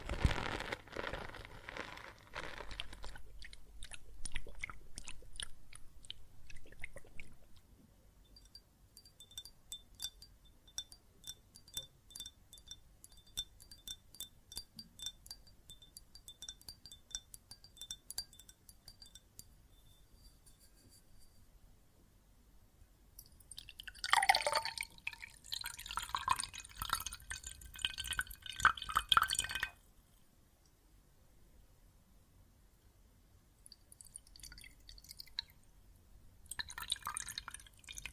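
Water and soap foam crackle and fizz with fine bubbly pops and drips, swelling into a louder rush around 24–30 seconds before quieting.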